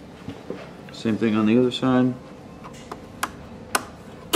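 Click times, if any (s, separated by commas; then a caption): 3.2 s, 3.8 s. On a Baratza Vario coffee grinder, the tab on the other side of the display panel is pressed into the plastic housing as part of a display upgrade. Someone talks, then sharp clicks sound at 3.2 and 3.8 seconds. The tab is seated.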